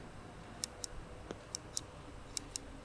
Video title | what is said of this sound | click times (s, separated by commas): NiZHi TT-028 Speaker/Radio/MP3 Player Review | right you can actually hear it click and this is the inside state but the card sticks out | 0.6 s, 0.8 s, 1.6 s, 1.8 s, 2.4 s, 2.6 s